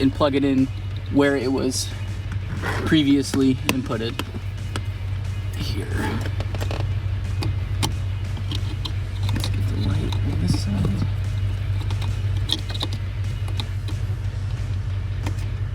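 A ShiftPower USA throttle response controller harness plug is handled at the accelerator pedal sensor connector in the footwell of a 2010-2024 Toyota 4Runner, while someone talks over a steady low hum and background music. Several short, sharp clicks and knocks are heard between 4.8 and 13.6 seconds. The plug has not seated or clicked in yet when the clip ends.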